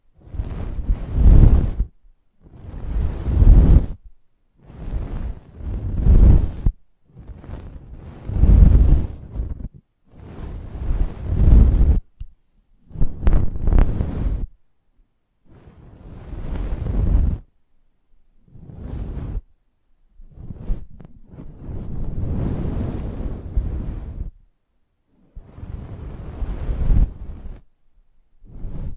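Close-up microphone treatment: about a dozen rushing, rumbling bursts, each lasting one to three seconds, broken by short silences. The bursts are heavy and booming down low with a hissy top, like gusts of wind buffeting the mic, and they vary in length and force.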